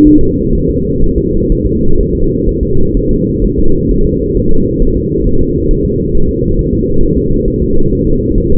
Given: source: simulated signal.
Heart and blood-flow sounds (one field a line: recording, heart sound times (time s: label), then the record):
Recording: fetal heart sounds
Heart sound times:
0.07 s: S1
0.21 s: S2
0.55 s: S1
0.69 s: S2
1.04 s: S1
1.18 s: S2
1.52 s: S1
1.66 s: S2
2.00 s: S1
2.15 s: S2
2.49 s: S1
2.63 s: S2
2.97 s: S1
3.11 s: S2
3.44 s: S1
3.59 s: S2
3.91 s: S1
4.05 s: S2
4.37 s: S1
4.52 s: S2
4.82 s: S1
4.97 s: S2
5.27 s: S1
5.41 s: S2
5.71 s: S1
5.85 s: S2
6.15 s: S1
6.29 s: S2
6.59 s: S1
6.73 s: S2
7.03 s: S1
7.17 s: S2
7.48 s: S1
7.62 s: S2
7.93 s: S1
8.07 s: S2
8.38 s: S1
8.52 s: S2
From the record:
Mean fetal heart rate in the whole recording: 130 bpm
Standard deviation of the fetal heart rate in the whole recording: 4 bpm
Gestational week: 38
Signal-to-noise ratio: -19.1 dB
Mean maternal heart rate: 72 bpm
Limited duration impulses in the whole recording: present